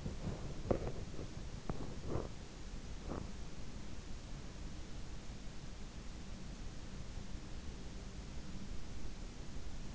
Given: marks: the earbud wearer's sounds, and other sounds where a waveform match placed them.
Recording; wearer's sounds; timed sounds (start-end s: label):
sounds in sleep by an in-ear microphone; teeth grinding
0.00-3.63 s: teeth grinding